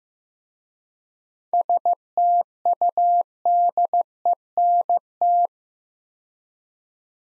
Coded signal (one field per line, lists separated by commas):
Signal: Morse code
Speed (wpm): 15 wpm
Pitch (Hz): 700 Hz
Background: none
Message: STUDENT